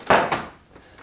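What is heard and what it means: A plastic side panel on a BMW R1250-GS/GSA motorcycle body is lined up on its locating holes and pressed firmly with the thumb. Its plastic clip snaps home with a sharp, firm click at 0.1 s, followed by a softer knock at about 0.3 s. The panel is seated and back in place.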